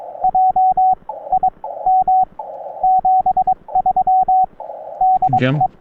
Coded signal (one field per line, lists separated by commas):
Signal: Morse code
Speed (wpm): 22 wpm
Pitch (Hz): 750 Hz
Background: radio noise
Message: J I M 73 DE